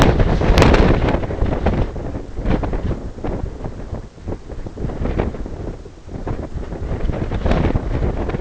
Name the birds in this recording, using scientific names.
none